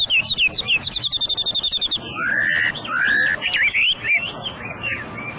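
Hwamei song: rapid chattering notes, a short trill, then long rich rising whistles, ending in varied twisting phrases, all loud and fluid.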